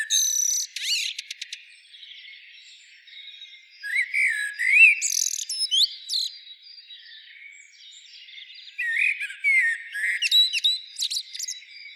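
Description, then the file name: Common blackbird song: high squeaky notes at first, then slurred, flute-like phrases rising and falling, capped with shrill twittering bursts. "Turdus merula"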